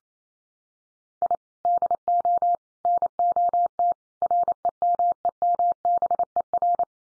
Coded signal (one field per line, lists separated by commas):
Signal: Morse code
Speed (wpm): 28 wpm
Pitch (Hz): 700 Hz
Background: none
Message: I DO NOT REMEMBER